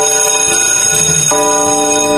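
A bell rings loudly with bright, sustained metallic overtones, then is struck again partway through, its shimmering ring carrying on steadily to the end with no voices.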